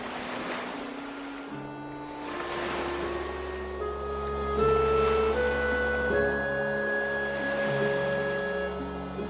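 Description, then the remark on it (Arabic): Rough, high ocean waves surge and wash in a steady, rolling roar under strong wind, with sustained musical tones playing over the water throughout. “علينا أن نسعى حتى يكافئنا الله، ثم إن الأمواج العالية تعني صيدا وفيرا من الحيتان والأسماك.”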